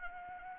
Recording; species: mosquito wingbeat signal from an infrared sensor; Anopheles arabiensis